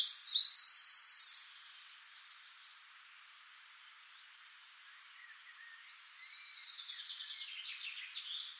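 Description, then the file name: Eurasian wren giving a brief loud, shrill trilled burst, followed by several seconds of quiet and a fainter high trill near the end. "Troglodytes troglodytes"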